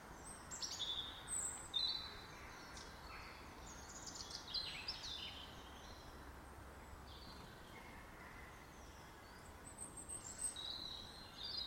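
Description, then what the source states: Birds give scattered high chirps and short twittering phrases, with pauses between bursts, against a steady soft background noise. In a garden.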